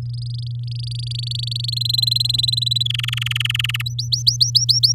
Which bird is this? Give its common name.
Domestic Canary